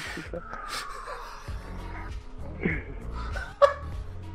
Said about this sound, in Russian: Выкинь телефон, кто тебя там лает, блядь? Кто тебя там лает, блядь? Чё, собаки бьёшь, блядь?